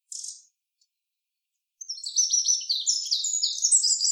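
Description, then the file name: Eurasian wren singing: one short high note, a pause, then a loud rapid tumbling run of high trills and warbles. "Troglodytes troglodytes"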